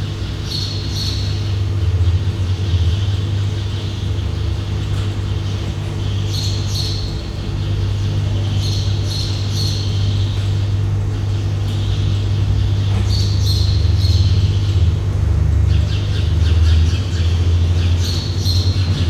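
Airplane hangar ambience: a steady, heavy low hum fills the whole clip without letup. Birds chirp in short bright bursts over it, clusters of high calls returning every few seconds, around 1, 6.5, 9, 13, 15 and 18 seconds.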